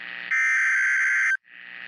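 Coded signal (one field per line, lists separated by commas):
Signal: Emergency Alert System (SAME) tones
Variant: header bursts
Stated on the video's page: Real NOAA Weather Radio tornado warning from the Lafayette, Louisiana station, issued by NWS Lake Charles for radar-indicated rotation.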